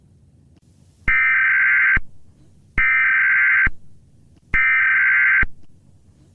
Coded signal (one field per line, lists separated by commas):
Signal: Emergency Alert System (SAME) tones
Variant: header bursts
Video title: EAS SCENARIO #44: LAVA FULL SERIES